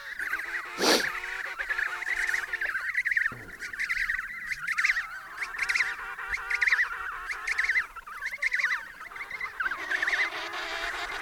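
Penguins calling together, a dense chorus of harsh, wavering brays and trumpeting notes, rising and falling in overlapping bursts.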